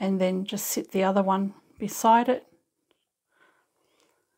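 Someone talks while a second zipper tape end is set beside the first and lined up, with the teeth held centred before it is pushed into the zipper slider. After the talking stops at about 2.5 s there is near silence, with only two faint brief ticks at 2.9 s and 4.0 s. Nothing has seated or clicked into the slider yet.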